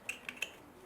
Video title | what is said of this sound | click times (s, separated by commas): VW Polo 2007 1.4 Auto Spark Plugs & Coil Packs Removal and Replacement | That little click is just the clip down here clicking onto the coil pack. | 0.1 s